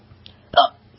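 A single abrupt hiccup from an adult: a sharp click-like catch followed at once by a brief voiced "hic," over a faint low hum in a quiet room. This is the typical sound of a hiccup, a sudden diaphragm spasm snapped off by the vocal cords closing.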